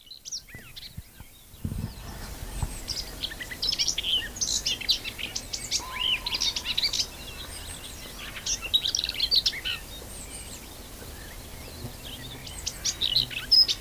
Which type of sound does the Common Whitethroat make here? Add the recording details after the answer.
song. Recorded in the wild. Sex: male. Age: adult. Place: Lübars (Fließtal), Berlin, DE. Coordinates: 52.6167, 13.35. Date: 1999-05-01 11:36. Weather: sunny, 17-18°C. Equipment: Nagra SN, Kopie Uher 4000 Report Monitor. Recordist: Tembrock, Günter. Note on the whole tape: Gesang